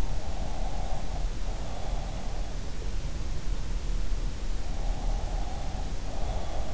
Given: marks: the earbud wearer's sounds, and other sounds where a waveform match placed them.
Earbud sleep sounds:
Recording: sounds in sleep by an in-ear microphone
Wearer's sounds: breath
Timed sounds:
0.12-2.51 s: breath
4.69-6.74 s: breath

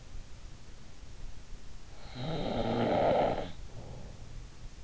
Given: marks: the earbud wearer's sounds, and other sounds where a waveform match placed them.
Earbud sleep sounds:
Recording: sounds in sleep by an in-ear microphone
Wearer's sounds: snoring breath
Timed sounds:
2.02-4.25 s: snoring breath

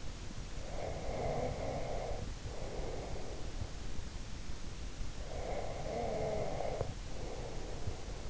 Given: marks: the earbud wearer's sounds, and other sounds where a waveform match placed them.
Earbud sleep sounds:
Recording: sounds in sleep by an in-ear microphone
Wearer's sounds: breath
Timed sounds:
0.62-3.74 s: breath
5.22-8.30 s: breath

